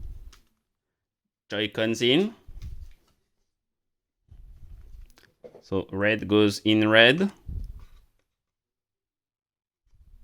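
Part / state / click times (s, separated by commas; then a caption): detachable controller onto handheld game console side / not seated / none. A red Joy-Con controller is handled next to the side rail of a Nintendo Switch 2 handheld console while someone talks. Brief handling taps and rustles are heard between speech, around 5.1 to 5.3 seconds and again near 7.6 to 7.8 seconds. The controller has not yet clicked or seated onto the console.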